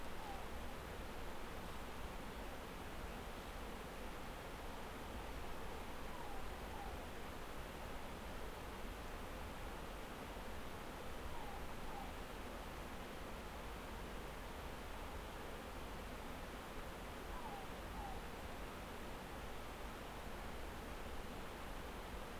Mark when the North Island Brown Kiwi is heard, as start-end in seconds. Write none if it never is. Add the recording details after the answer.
none. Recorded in New Zealand on 10 December 2013. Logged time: 02:28. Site DE65